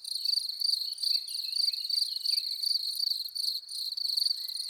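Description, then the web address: Cricket singing a steady, high-pitched pulsed trill in quick rhythmic bursts. "annee nature les violons du grillon"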